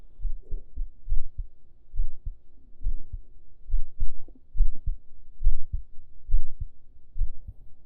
Laying on chest under shirt heartbeat.